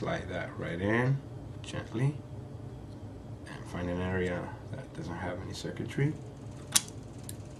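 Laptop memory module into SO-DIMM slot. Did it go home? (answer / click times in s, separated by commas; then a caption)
yes / 6.8 s, 7.3 s. Someone talks while a second laptop memory card is slid gently into the laptop's SO-DIMM memory slot, then pressed down on an area with no circuitry. Sharp clicks at 6.8 s and 7.3 s mark the side clips latching, and the RAM module snaps into place, fully seated.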